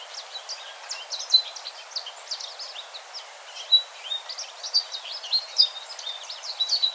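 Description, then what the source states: American goldfinch calls: a busy chatter of short, high chips and twitters, with a few brighter notes standing out, over a steady hiss. Recorded on 4 January 2007.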